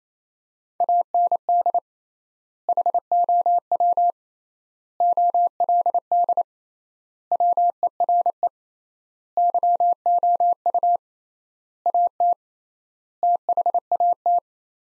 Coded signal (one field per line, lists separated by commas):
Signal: Morse code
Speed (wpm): 28 wpm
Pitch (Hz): 700 Hz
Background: none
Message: AND HOW OLD WERE YOU AT THAT